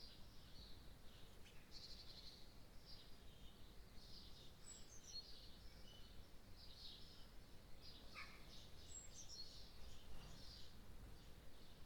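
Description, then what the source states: Birds singing: several high, thin chirps and short twittering phrases scattered throughout, with a steady low rumble of background noise underneath. Birds in the morning.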